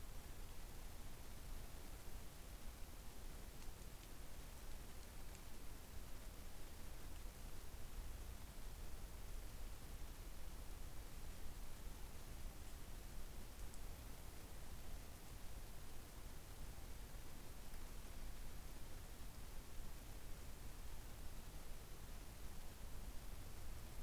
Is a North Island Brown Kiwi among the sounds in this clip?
no